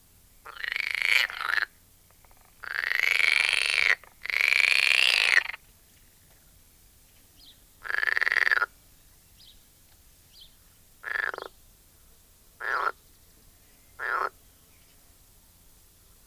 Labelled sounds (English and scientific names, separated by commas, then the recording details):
Edible Frog (Pelophylax esculentus)
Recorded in the wild
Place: Lübars, Benekendorffstraße, Berlin, DE
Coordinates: 52.6167, 13.3469
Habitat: Gartenteich
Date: 2000-04-30 13:15
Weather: heiter, 24°C
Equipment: Nagra SN, Kopie Uher 4000 Report Monitor
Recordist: Tembrock, Günter